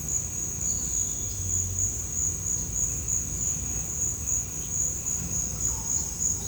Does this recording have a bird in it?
no